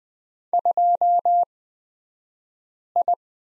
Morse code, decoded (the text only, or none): 2I